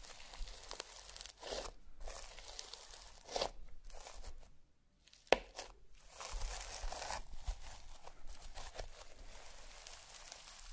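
Slime and crayon sounds with tapping: a busy run of soft crinkly, squishy rustling and scratching that continues with short breaks. Louder bursts come near 1.5, 3.5 and 5.3 seconds, the last a sharp tap, and the sound drops almost silent around 4.5 seconds.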